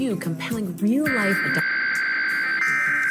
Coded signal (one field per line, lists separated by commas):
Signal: Emergency Alert System (SAME) tones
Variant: header bursts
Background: speech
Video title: KUNA and IPAWS Weeklies (EAS #14799-14804) 1/22/24